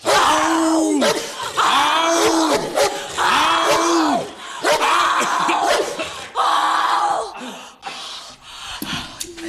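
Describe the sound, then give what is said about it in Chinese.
On Beijing Traffic Radio, a person imitates a tiger roaring, letting out about five long, loud, raspy howls in a row, each swelling up and falling in pitch, with short breaks between them. “嗷！哥头子担子还不小，俺这是老虎，百兽之王。”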